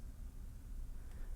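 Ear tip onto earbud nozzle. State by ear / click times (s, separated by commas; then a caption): not seated / none. A silicone ear tip is brought onto the nozzle of a Beats Studio Pro earbud and rotated by hand, heard as faint handling rustle over a steady low background hum. Nothing has seated or clicked in place yet.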